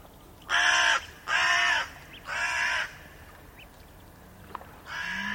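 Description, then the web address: Crow cawing: three loud harsh caws about a second apart, a pause with faint background sounds, then a fourth caw at the end. "birdcrow"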